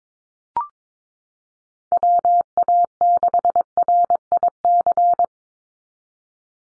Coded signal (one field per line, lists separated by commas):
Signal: Morse code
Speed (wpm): 22 wpm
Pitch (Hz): 700 Hz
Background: none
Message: WA6RIC